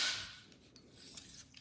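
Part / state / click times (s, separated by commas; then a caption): handle section into floor sweeper body / not seated / none. A plastic handle section is pushed into the body of a powder-white BLACK+DECKER HFS115J10 Lithium Floor Sweeper during assembly, producing a hissy scrape that fades, then brief sharp ticks at 0.8 s and 1.6 s between softer rubbing. The part fails to snap in because it was inserted the wrong way, and nothing has seated or clicked yet.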